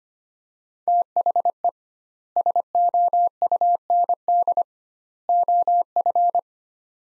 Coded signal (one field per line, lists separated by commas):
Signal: Morse code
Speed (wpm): 25 wpm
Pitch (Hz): 700 Hz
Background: none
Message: THE SOUND OF